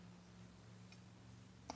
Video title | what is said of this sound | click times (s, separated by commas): Spi RO Grind Royal Oak Spiral End Mill Grinding Fixture | it again clicks | 1.7 s